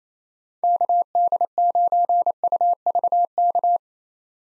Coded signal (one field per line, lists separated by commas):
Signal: Morse code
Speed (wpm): 28 wpm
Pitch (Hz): 700 Hz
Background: none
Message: KD9UVK